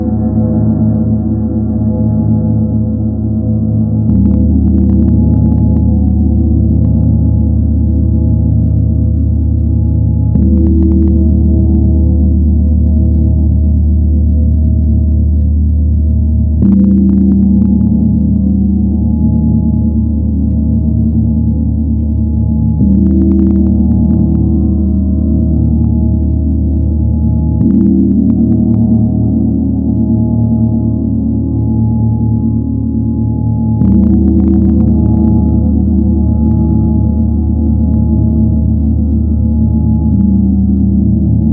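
The Chiron gong hums in a deep, steady drone, re-struck about every six seconds with soft taps that shift its low, layered tone.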